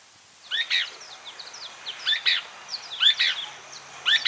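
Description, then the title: Pale-breasted spinetail giving four quick two-note buzzy phrases in a few seconds, mixed with a few thin high chirps. Subspecies occipitalis. "LuckyPassaro Completos2Sama. Pale-breasted Spinetail (Synallaxis albescens occipitalis)"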